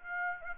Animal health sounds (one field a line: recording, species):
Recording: mosquito wingbeat signal from an infrared sensor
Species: Aedes aegypti